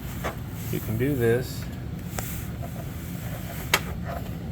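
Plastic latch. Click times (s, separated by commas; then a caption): 3.7 s. Someone talks while pressing the release on the installed plastic stand mount on the back of an Ultragear 32GN63T monitor, a replacement for a dead monitor, to unlock the stand bracket. A sharp click at 3.7 s marks the latch unlocking, leaving the bracket released and ready to lift out.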